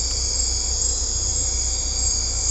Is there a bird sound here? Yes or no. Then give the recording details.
no. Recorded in secondary vegetation near Puerto Asís, Putumayo, Colombia, on 16 December 2024 at 21:00. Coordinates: 0.502, -76.326. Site G028